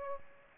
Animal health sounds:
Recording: mosquito wingbeat signal from an infrared sensor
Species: Aedes aegypti

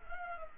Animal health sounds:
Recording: mosquito wingbeat signal from an infrared sensor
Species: Culex pipiens

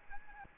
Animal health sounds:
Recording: mosquito wingbeat signal from an infrared sensor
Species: Aedes albopictus

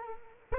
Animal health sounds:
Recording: mosquito wingbeat signal from an infrared sensor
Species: Culex quinquefasciatus

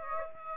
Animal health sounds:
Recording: mosquito wingbeat signal from an infrared sensor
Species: Aedes aegypti

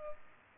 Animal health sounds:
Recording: mosquito wingbeat signal from an infrared sensor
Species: Culex pipiens

